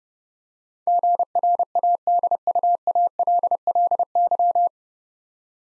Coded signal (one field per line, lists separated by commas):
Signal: Morse code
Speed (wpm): 32 wpm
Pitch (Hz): 700 Hz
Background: none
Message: GRADUALLY